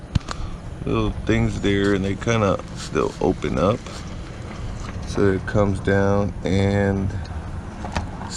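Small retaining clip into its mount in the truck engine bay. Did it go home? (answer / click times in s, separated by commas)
yes / 8.0 s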